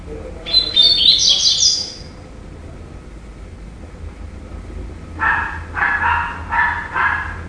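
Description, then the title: Double-collared seedeater song: a rapid, high twittering phrase, then after a pause four lower, buzzy notes. "Canto Coleiro"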